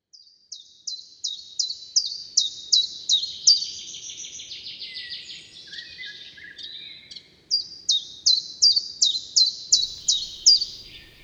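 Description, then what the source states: Common chiffchaff singing a run of high chirpy notes, about three per second, broken midway by a lower, quieter chattering passage, then resuming. Two-note 'chiff-chaff' song heard in spring in Britain; among the first summer migrants to arrive.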